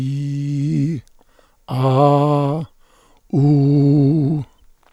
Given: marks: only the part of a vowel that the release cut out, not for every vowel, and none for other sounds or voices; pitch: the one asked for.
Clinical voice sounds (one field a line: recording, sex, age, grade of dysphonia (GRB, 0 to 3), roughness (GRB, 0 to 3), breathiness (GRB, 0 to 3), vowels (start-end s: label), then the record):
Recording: sustained vowels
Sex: male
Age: 60 to 69 years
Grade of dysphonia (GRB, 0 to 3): 2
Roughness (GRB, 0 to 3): 2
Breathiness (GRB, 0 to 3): 0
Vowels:
0.00-0.93 s: vowel /i/, normal pitch
1.81-2.56 s: vowel /a/, normal pitch
3.39-4.26 s: vowel /u/, normal pitch
From the record:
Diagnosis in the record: contact pachydermia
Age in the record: 69 years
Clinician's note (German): Rezidiv